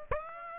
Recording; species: mosquito wingbeat signal from an infrared sensor; Aedes aegypti